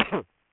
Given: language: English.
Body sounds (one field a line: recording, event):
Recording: throat vibration sensor signal played as sound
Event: cough